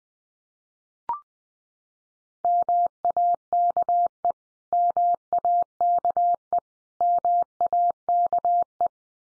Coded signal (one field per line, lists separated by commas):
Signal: Morse code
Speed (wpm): 20 wpm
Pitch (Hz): 700 Hz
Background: none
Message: MAKE MAKE MAKE